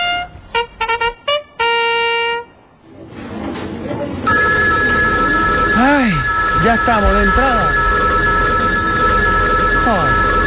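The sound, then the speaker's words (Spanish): A telephone rings in a quick series of short electronic bursts followed by one longer tone, then the ringing stops and people begin talking. “Espera que pongo el teléfono mezzo forte.”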